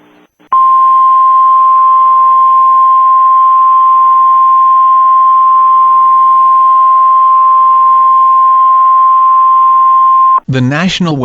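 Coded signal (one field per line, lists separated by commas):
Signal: Emergency Alert System (SAME) tones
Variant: 1050 Hz attention tone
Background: speech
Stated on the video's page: Fictional EAS scenario.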